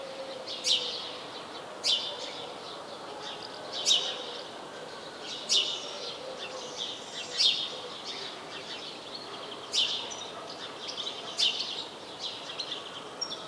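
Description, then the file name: House sparrow chirping, repeated rough cheeps every couple of seconds over a steady background noise. "Passer domesticus"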